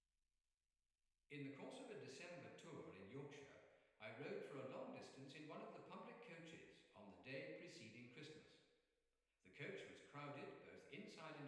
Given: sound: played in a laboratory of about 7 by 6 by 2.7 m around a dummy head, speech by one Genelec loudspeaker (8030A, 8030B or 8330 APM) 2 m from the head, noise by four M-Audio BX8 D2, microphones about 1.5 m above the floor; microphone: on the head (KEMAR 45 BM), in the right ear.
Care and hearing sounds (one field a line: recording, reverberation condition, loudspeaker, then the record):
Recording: male speech in English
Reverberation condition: high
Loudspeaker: in front (0 degrees)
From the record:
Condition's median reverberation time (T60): about 1300 ms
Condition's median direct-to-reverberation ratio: about -4.0 dB